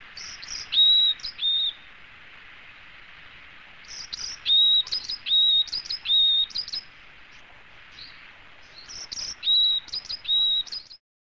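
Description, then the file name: Varied tit calling in clusters of high thin notes mixed with short level whistles, in bouts separated by brief pauses, against a faint hiss. "yamagara"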